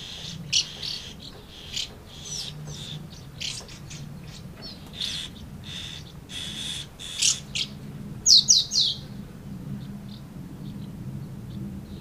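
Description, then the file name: Swallows giving scattered short chirps and twitters, with a brief burst of sharper notes near the eighth second over steady low background hum. Swallows recorded at Amblagnieu on 2 July 2017 with a MiniDisc recorder. "Hirondelles Amblagnieu"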